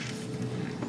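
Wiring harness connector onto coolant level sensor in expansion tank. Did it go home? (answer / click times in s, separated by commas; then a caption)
no / none. A repaired wiring harness plug is handled at the coolant level sensor on the plastic expansion tank of a 2016 BMW F32 428i with the N20 engine. Only steady low rumble and broadband handling noise are heard, with no sharp transient. Nothing has seated or clicked yet.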